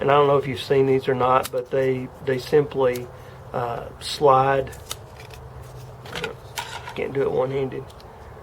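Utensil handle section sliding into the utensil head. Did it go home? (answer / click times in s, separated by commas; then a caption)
no / none. A plastic camping utensil (spatula, spoon or fork) has its handle section slid toward the utensil head. Someone talks while short handling sounds are heard, with sharp transients near 6.2 and 6.6 seconds. Nothing has seated or clicked into place yet.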